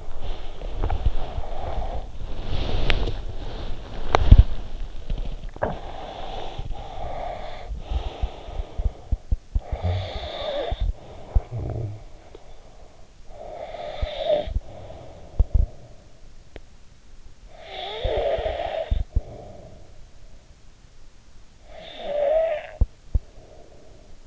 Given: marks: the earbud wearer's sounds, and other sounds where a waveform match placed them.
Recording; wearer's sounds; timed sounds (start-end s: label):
sounds in sleep by an in-ear microphone; body movement, cough or throat clearing or sniffle, breath, snoring breath
0.00-5.59 s: body movement
5.12-6.76 s: cough or throat clearing or sniffle
5.59-9.59 s: breath
9.59-16.25 s: snoring breath
17.35-20.15 s: snoring breath
21.45-24.27 s: snoring breath